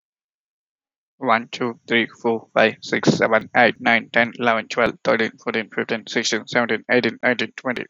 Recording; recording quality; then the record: counting at a fast pace; excellent, no background noise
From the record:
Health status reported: healthy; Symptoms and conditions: cold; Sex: male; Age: 29 years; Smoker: no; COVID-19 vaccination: one dose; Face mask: not worn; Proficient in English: yes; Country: India